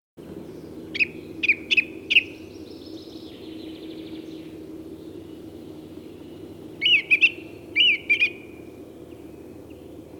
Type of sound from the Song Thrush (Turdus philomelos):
song